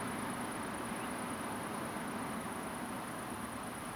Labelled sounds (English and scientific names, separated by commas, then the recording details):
Common Ringed Plover (Charadrius hiaticula)
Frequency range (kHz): Common Ringed Plover (Charadrius hiaticula) 2.6-3.1 kHz
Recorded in France